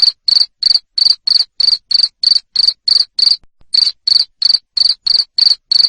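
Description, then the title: Cricket chirping, piercing high pulses in a steady series of about three per second, with one short pause. Loud cricket chirping (jangkrik ngerik) played to stimulate lovebirds into continuous singing (ngekek). "Suara JANGKRIK NGERIK Keras Bikin LOVEBIRD Jadi NGEKEK Terus Vubey"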